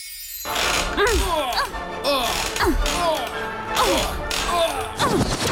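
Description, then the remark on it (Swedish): A creaking rocking chair groans in repeated, pitch-bending creaks, mixed with sharp, steady thwacks from recordings of a tennis match, the ball struck back and forth, all fairly loud and continuous for several seconds, set to an atmospheric classic piece of music. “Du har just hört ljud från en knarrande gungstol. Ljudupptagningar från en tennismatch.”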